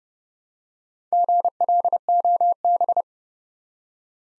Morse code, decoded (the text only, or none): GLOB